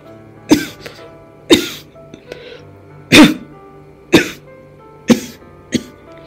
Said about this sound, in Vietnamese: Cái người sắp chết kia đang nằm trên giường ho liên tiếp.